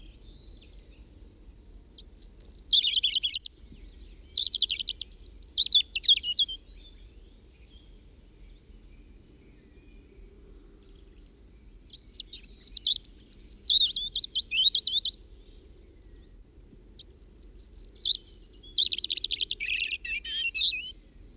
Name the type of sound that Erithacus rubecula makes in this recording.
song